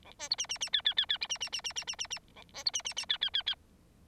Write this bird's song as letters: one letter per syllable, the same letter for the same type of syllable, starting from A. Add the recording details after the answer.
A B C D D D E E E E D D D D D D D D A B C D D D E E E E. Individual Bird9